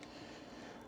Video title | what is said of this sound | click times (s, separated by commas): DJI Neo 2 Extended Battery Mod (Less Music Version) | So putting this on, it really takes some effort to get it clicked into place, but | 0.0 s